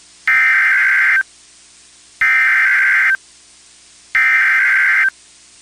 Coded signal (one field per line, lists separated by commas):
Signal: Emergency Alert System (SAME) tones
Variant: header bursts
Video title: Every EAS alerts I've caught from January 2026 EAS #53-#58